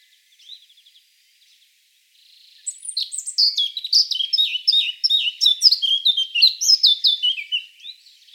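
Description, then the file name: Eurasian blackcap singing: quiet chattering and a soft buzzy trill give way to a long, rich, rapid warble of bright whistled and scratchy notes that runs to the end. "Sylvia atricapilla"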